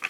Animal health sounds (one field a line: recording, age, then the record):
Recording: pig call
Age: piglet (1 to 25 days)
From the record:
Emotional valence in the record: positive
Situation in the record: after nursing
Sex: male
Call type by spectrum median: low-frequency call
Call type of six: low-frequency tonal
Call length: 0.10 s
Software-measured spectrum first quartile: 1709 Hz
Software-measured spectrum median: 2350 Hz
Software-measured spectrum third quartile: 2643 Hz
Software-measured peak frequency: 2573 Hz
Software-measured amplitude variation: 280 dB a second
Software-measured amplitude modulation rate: 5.0 a second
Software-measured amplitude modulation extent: 55.7 dB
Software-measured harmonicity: 3.1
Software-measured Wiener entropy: -0.85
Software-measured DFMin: 567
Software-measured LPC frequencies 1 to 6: 1541, 2550, 3245, 4286, 5143, 5895 Hz